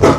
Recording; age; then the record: pig call; growing-finishing pig (85 days or more)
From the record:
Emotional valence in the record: positive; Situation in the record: run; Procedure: transit